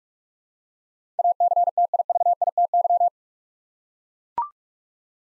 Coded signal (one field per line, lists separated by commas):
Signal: Morse code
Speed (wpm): 42 wpm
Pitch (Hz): 700 Hz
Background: none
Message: ACTIVITY